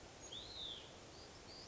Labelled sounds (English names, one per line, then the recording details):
Hutton's Vireo
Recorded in Sonoma County, California